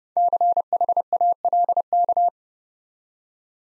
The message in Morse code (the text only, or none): CHALK